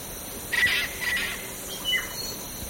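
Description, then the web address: Eclectus parrot uttering a few short, harsh, grating calls against a constant background hiss. Indonesia. "ULM-DS-Lab indonesian-bird-sounds. Eclectus roratus"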